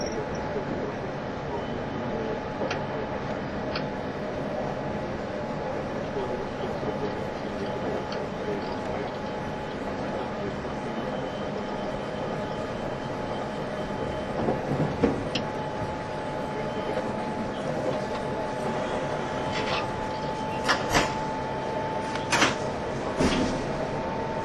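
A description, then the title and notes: A train runs with a steady dense rumble and a constant whining tone, with sharp clicks and clatters around fifteen, twenty-one and twenty-three seconds. E351系 Sあずさ18号. 松本～新宿. 速達運用だった＂スーパーあずさ18号＂の列車走行音(静止画)です。 Train running sound.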